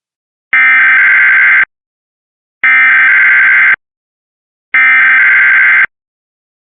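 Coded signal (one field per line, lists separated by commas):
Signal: Emergency Alert System (SAME) tones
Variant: header bursts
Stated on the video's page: Mock weekly EAS tests from fictional station products.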